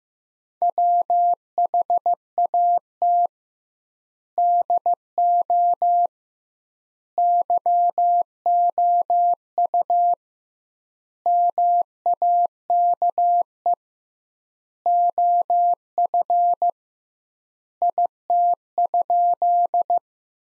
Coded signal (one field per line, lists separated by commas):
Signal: Morse code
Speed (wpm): 15 wpm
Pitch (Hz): 700 Hz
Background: none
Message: WHAT DO YOU MAKE OF IT?